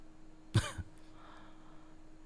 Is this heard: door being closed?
no